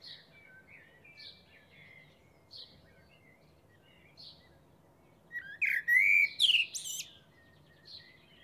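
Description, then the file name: Eurasian blackbird song: soft high notes at first, then a loud, full fluted warble ending in a thin, shrill twitter, with faint background hiss. "Turdus merula"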